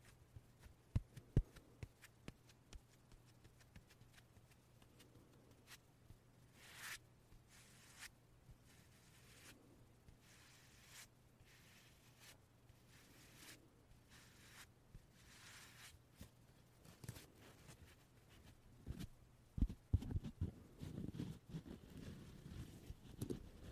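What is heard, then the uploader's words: Soft puffs of breathy air come every second or two, set among sharp clicks and taps. A steady low hum runs underneath until around seventeen seconds, and after nineteen seconds louder, rougher low bursts and knocks take over. 말없이 퍼프 소리만, 가득 담아봤어요 puff sound no talking asmr.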